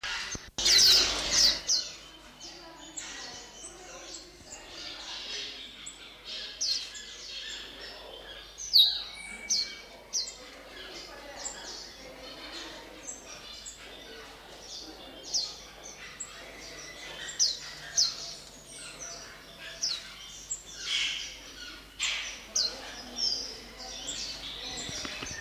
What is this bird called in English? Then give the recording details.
Oriental White-eye. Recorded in captivity. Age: adult. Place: Zoo Berlin, Berlin, DE. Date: 1988-11-05 10:43. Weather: sunny, -3 to 3°C. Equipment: Sony WM-D6C, Kopie 19 cm. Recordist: Tembrock, Günter. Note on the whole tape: Zwei Tiere: Kurzlaute, durch Beobachter ausgelöst